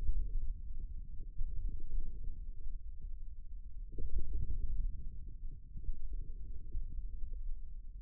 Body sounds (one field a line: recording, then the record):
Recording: forearm muscle sounds (acoustic myography)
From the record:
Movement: wrist extension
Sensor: system 2, bracelet of six BSWA MPA416 microphones around the upper forearm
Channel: 4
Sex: male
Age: 22 years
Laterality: right